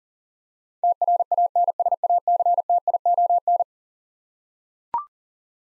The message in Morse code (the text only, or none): TRANSACTION